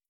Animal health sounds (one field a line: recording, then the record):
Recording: hydrophone in a shrimp aquaculture tank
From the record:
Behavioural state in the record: starved